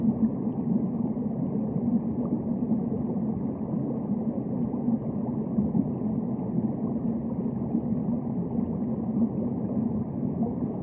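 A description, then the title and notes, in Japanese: Sound recorded underwater: a steady, muffled rumble that stays dense and even for the whole clip. A low, constant hum runs underneath, with a faint churning, gurgling texture and no clear separate events. Nothing bright or high reaches through. (ASMR)水中の音で眠る1時間。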